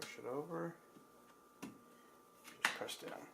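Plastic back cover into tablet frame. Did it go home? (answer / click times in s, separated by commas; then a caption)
no / none. Someone talks while pressing down on the plastic back cover of a Kindle Fire 7 tablet after a battery swap, working it into the frame. A brief sharp tap is heard at 1.6 s amid quiet handling noise. Nothing has seated or clicked home yet.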